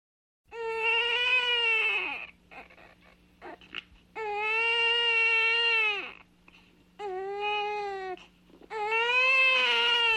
Baby crying.